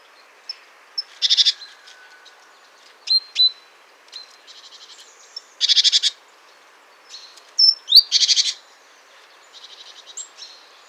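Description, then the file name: Great tit, a few harsh buzzy churring bursts about half a second long, mixed with thin high single notes and a sharp rising whistle. "Parus major"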